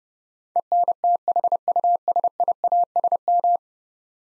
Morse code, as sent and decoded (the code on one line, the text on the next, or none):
. -. - .... ..- ... .. .- ... --
ENTHUSIASM